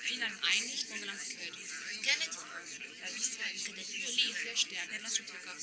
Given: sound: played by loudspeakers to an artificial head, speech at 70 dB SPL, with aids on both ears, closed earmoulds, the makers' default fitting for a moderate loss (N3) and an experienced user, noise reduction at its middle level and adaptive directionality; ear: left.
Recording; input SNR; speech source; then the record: speech test signal (ISTS) in cocktail-party noise; -6 dB; in front (0 degrees)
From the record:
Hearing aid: class 1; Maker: J